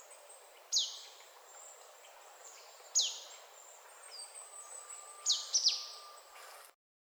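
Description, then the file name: Marsh tit calls, short sharp descending notes around high pitch, two single and then a quick group of three, spaced a couple of seconds apart, over faint steady background hiss. "Poecile palustris"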